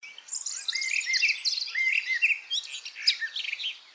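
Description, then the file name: Eurasian blackcap warbling song, a rich, rapid jumble of varied high whistled and chattering notes, continuous for about four seconds. "Sylvia atricapilla"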